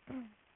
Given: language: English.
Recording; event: throat vibration sensor signal played as sound; throat clearing